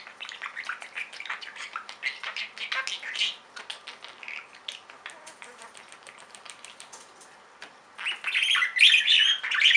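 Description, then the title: Budgerigar chattering: rapid, buzzy warbles and clicks packed closely together, with a louder burst of harsh, scratchy notes near the end. "Budgie Sounds"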